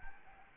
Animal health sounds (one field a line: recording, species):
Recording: mosquito wingbeat signal from an infrared sensor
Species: Aedes albopictus